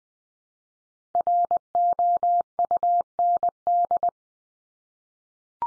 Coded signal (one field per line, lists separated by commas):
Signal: Morse code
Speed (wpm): 20 wpm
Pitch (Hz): 700 Hz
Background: none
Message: ROUND